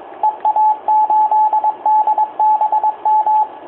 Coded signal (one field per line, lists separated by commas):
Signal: Morse code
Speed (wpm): 22 wpm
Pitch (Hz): 860 Hz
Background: radio noise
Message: EA8DBM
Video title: EA8DBM 50 090 CW